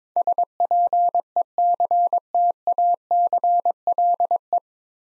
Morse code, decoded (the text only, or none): SPECTACLE